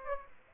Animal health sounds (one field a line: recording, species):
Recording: mosquito wingbeat signal from an infrared sensor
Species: Aedes aegypti